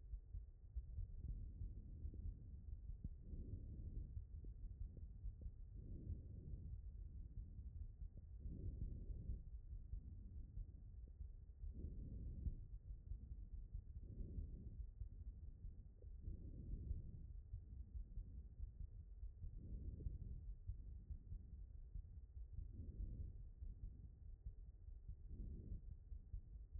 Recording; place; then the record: heart sounds by stethoscope; aortic valve (AV)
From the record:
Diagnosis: HFrEF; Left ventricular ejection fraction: 10%